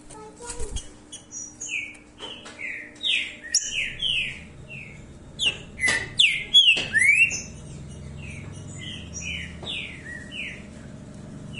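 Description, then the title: Green-winged saltator singing varied clear whistled notes, some slurred downward, in phrases of several notes, with a few sharp knocks partway through. Song style labelled "voz 07"; the bird is said to sing nonstop like this all year round. "Canto De Trinca Ferro Voz 07. O ANO TODO DESSE JEITO, ESSE TRINCA FERRO CANTA DIRETO"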